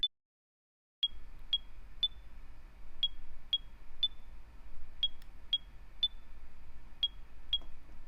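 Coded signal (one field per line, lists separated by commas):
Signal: none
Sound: a music app's pattern beeps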